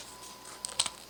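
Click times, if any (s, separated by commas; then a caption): 0.8 s. A plastic backpack's peg is pushed into the socket in the back of a plastic DC Superheroes Series 3 Select Sculpt Mr. Freeze action figure. A few light plastic ticks at about 0.7 s lead up to a sharp snap at 0.8 s, followed by a softer tick, over a faint steady hiss. The backpack snaps into place and is seated.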